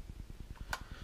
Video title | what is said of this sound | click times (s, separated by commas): Jam Ultra Wireless (True Wireless Earbuds with Major BASS for Under $100) | they snap right in there guys and they | 0.7 s